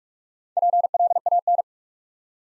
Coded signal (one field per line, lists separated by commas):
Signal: Morse code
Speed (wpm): 44 wpm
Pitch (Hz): 700 Hz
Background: none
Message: PLAN